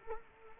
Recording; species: mosquito wingbeat signal from an infrared sensor; Culex quinquefasciatus